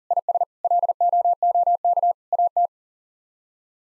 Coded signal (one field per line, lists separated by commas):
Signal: Morse code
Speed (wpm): 40 wpm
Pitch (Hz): 700 Hz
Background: none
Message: IS LOOK AT